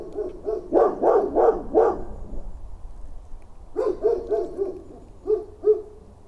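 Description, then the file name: Dog barking: a quick run of four barks, a pause, then another rapid series and two final single barks. "chiens"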